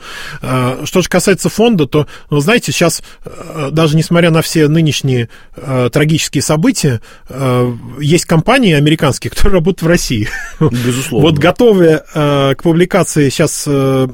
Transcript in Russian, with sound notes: Что же касается Фонда, то, вы знаете, сейчас, даже несмотря на все нынешние трагические события, есть компании американские, которые работают в России. (Смеется.)
— Безусловно.
— Вот, готовя к публикации сейчас